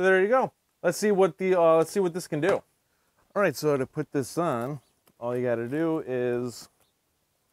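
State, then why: Not seated. Someone talks while handling an attachment for a cordless power cleaner wand, getting ready to fit it on. Only speech is heard, with short pauses between phrases. Nothing has seated or clicked onto the wand yet.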